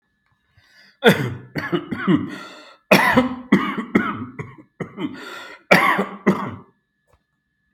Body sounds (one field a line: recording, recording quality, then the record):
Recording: heavy voluntary cough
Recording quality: excellent, no background noise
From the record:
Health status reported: exposed to COVID-19, no respiratory illness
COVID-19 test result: negative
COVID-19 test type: rapid antigen test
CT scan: not taken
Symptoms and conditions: cold, fatigue, muscle pain, diabetes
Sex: male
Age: 52 years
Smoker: no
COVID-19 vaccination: both doses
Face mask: not worn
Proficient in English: yes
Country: India